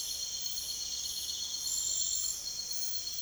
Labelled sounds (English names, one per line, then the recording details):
none
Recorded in secondary vegetation near Puerto Asís, Putumayo, Colombia, on 22 June 2025
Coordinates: 0.488, -76.319
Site G094